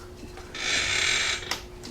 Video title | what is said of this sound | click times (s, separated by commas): Aprilia Mille R Spark Plug Change Walkthrough | hear I'm click once they're inside on the spark plug you'll hear it click down | 1.5 s